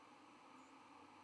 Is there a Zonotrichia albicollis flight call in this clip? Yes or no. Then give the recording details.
no. Another species' flight call is heard. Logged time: 03:39 on 12 November 2014